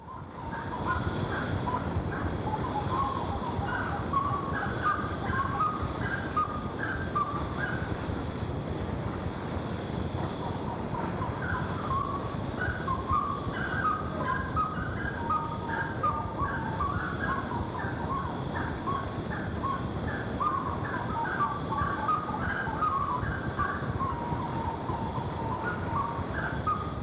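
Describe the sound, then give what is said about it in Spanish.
Common gallinules call noisily in repeated bursts of clucking, chattering notes, pausing briefly midway, over a steady high hum of insects, in lagoons and wetlands of the inter-Andean valleys of Colombia. No one speaks. “En ellos viven las pollas de agua, que hacen mucho ruido.”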